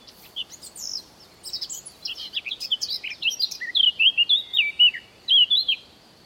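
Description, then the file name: Eurasian blackcap song: a quiet, scratchy, rapid warble that breaks into loud, clear, fluty whistled phrases, with short pauses between the final bursts. "Sylvia atricapilla"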